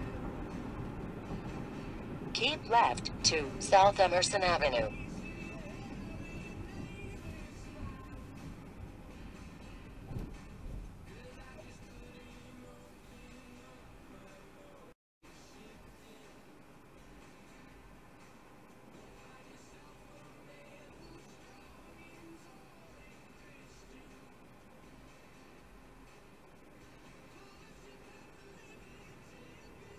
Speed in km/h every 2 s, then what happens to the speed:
71, 63, 47, 31, 19, 11, 6, 3, 2, 0, 0, 0, 0, 0, 0.
0-16 brakes to 2. 16-30 standing.